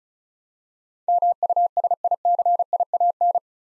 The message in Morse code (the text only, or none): MUSICIAN